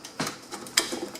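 A replacement lamp module is pushed by hand into a projector's lamp bay, with a few soft ticks and rustles before a single sharp click at 0.8 s. The module pops into place and is seated.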